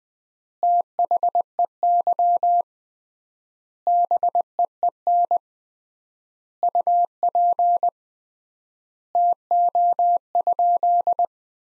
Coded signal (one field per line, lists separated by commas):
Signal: Morse code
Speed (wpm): 21 wpm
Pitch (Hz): 700 Hz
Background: none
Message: THEY BEEN UP TO?